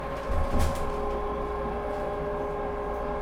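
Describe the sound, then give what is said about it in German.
Inside a tram rolling along its rails past the Marktplatz in Bremen on a Sunday night: a steady low rumble with a constant electric motor hum, and a brief heavier thump near the start, with no voices. “Marktplatz, Straßenbahnfahrt, Stimmung eines verklingenden Son”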